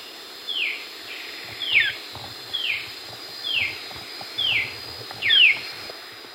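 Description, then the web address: Moustached antwren giving six separate high, sharply down-slurred notes, roughly one per second, against quiet background noise. Eastern Lowlands of South America. "Natures Songs S America Eastern Lowlands. Moustached Antwren"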